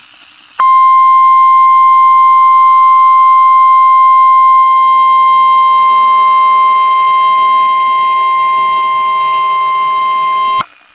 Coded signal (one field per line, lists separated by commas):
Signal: Emergency Alert System (SAME) tones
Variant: 1050 Hz attention tone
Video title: EASs 151 and 152 - SVR Lincoln TN, TOR Madison AL